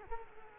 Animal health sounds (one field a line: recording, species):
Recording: mosquito wingbeat signal from an infrared sensor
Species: Culex quinquefasciatus